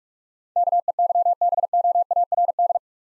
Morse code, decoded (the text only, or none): KEYBOARD